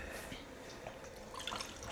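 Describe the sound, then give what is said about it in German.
Boiled water is poured in a faint, steady trickle, with small bubbling drips and splashes that grow a little busier toward the end against a soft hiss of background noise. “Abgekochtes Wasser.”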